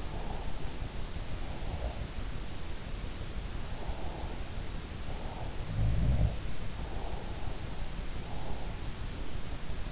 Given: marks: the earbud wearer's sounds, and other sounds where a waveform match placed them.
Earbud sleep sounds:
sounds in sleep by an in-ear microphone; breath
0.00-0.56 s: breath
1.56-2.17 s: sound from someone else or the room
5.64-6.40 s: sound from someone else or the room

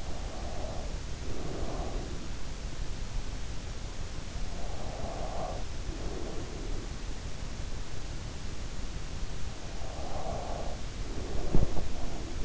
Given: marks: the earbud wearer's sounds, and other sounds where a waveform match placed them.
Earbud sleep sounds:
sounds in sleep by an in-ear microphone; breath
0.00-2.61 s: breath
4.29-7.19 s: breath
9.66-12.45 s: breath

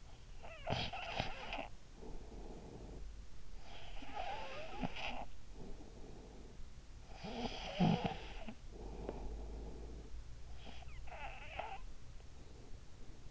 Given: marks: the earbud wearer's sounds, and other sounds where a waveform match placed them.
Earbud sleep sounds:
sounds in sleep by an in-ear microphone; snoring breath
0.24-10.25 s: snoring breath
10.45-12.19 s: snoring breath

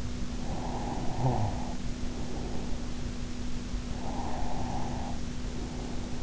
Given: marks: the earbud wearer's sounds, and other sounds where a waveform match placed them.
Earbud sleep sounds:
sounds in sleep by an in-ear microphone; snoring breath, breath
0.24-2.93 s: snoring breath
3.55-6.18 s: breath

